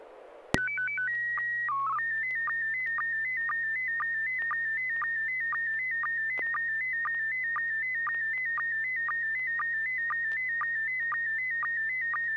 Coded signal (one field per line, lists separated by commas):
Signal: SSTV (slow-scan television)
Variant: PD 120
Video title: N6NA SSTV Net - 06/19/2024